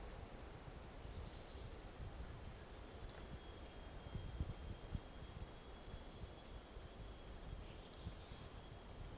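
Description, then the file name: Pumpkin toadlet call: two isolated, sharp high notes about five seconds apart over quiet hiss. Individual 05 recorded 18 January 2018; first note of the call missing; animal not collected. "Brachycephalus mirissimus 18 jan 2018 individual 05 ex 01 fist note missing L F Ribeiro not collected"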